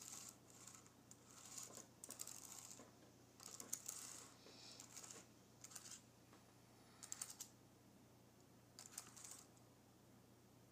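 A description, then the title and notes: Fingernails graze and click across a keyboard in scattered bursts of light tapping and scraping, quieter near the end, over a steady low hum. Nails Grazing Across my Keyboard.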